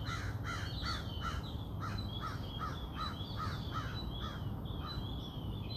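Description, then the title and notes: Bird calls, a long run of short, harsh arched notes, with faint higher chirps behind and low background rumble. Birds singing outside the recordist's house. "Bird Songs Part Two. More bird songs outside my house"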